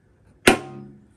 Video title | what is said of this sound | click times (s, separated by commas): Harbor Freight Ammo Can (water test & review) | it's that real strong snaps into place you know it's locked | 0.5 s